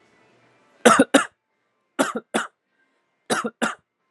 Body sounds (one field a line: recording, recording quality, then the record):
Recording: heavy voluntary cough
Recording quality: excellent, no background noise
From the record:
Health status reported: respiratory illness, not identified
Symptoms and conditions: asthma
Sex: male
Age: 23 years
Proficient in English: yes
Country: India